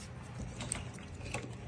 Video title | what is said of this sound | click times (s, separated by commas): Porsche Panamera HighPressure fuel pump replacement | Pry down just a tad bit until you hear it click. | 0.7 s